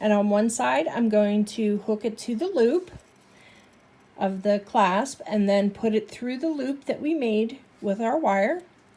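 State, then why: Not seated. A metal jump ring is hooked through the loop of a bracelet clasp and then through a wire loop while someone talks, with light handling sounds beneath the speech. The ring has not yet been closed front to back, so nothing has seated or clicked yet.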